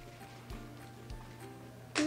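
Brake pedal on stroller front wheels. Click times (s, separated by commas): 2.0 s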